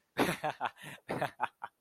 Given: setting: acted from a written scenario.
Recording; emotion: vocal sound without words; amusement